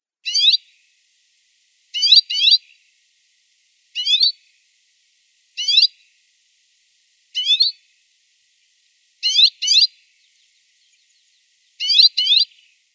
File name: CHechetka pepelnaja